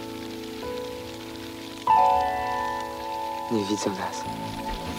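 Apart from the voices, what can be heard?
rain falling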